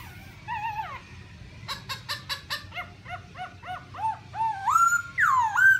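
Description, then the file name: Black-throated laughingthrush song: a run of rapid short repeated notes building into louder, rising whistled phrases at the end. "tieng khuou bac ma hot"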